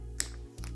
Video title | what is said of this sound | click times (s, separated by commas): What's In My Bag: The Best Travel Camera Gear 2023 | snap her in put this little button in | 0.2 s